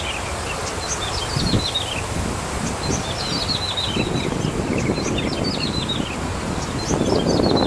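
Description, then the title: Bar-winged prinia song, quick descending chirpy phrases, several in a row, with rustling and low rumbling noise underneath. "Suara Burung Ciblek"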